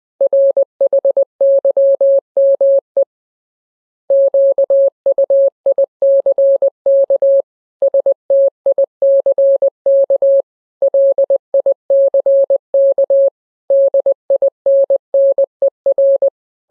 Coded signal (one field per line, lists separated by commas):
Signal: Morse code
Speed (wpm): 20 wpm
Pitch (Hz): 550 Hz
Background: none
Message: RHYME QUICK STICK LICK DINNER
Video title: Fun 2 Rhyme but with Morse code